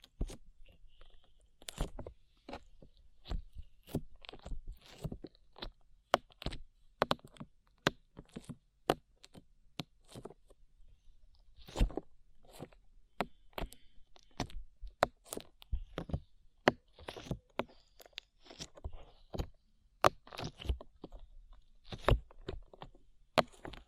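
Sticky slime pops and squelches in rapid, irregular bursts of sharp clicks across the whole clip, with brief quieter gaps between clusters.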